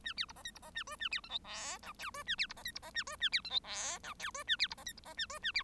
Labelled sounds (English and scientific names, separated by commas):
Bengalese Finch (Lonchura striata domestica) song